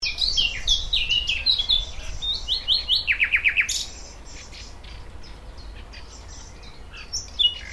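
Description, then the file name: Thrush nightingale song with a quick jumble of sharp chirps leading into a fast series of repeated notes, then quieter birdsong. "Sprosser"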